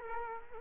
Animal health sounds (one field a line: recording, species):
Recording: mosquito wingbeat signal from an infrared sensor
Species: Culex quinquefasciatus